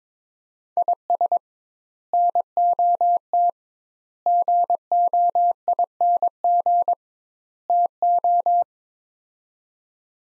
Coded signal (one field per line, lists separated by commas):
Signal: Morse code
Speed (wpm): 22 wpm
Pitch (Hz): 700 Hz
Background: none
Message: IS NOT GOING TO